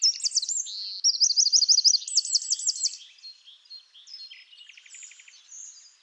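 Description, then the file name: Eurasian wren song: loud, rapid high trills and looping repeated notes for three seconds, then quieter scratchy twittering and a soft buzzy rattle. "Troglodytes troglodytes"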